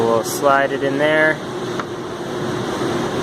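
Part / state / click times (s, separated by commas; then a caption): removable steering wheel onto its quick-release hub in a small race car / seated / 1.8 s. A removable steering wheel is lined up with the thicker part of the notches and slid onto its quick-release hub in a small race car while someone talks. It snaps into place with a short, sharp click at 1.8 s over a steady fan-like hum, and the wheel is seated.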